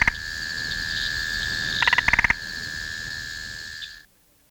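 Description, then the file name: Spotted marsh frog calling with short clicking tok notes in quick bursts, over a steady high insect-like drone that cuts out near the end. "Limnodynastes tasmaniensis"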